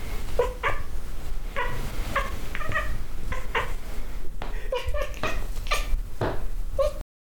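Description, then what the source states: Cat chattering: repeated short chirping calls, some in quick doubled pairs, with a brief mewing note, over a persistent low hum. Cat hunting.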